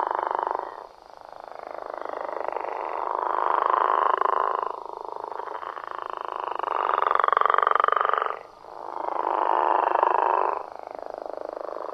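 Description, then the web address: Gopher frog giving several long snoring calls, each lasting a few seconds, with brief gaps. North America. "Songs of Frogs Toads of North America. Gopher Frog"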